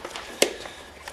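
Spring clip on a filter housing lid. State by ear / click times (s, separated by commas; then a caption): seated / 0.4 s. A spring clip on the filter housing lid of a 2007 Mercedes C230 C Class, during Schedule A maintenance, is pressed down to lock the lid back onto the filter canister. A sharp snap is heard at 0.4 s over quiet background rustle. The clip seats and locks the lid in place.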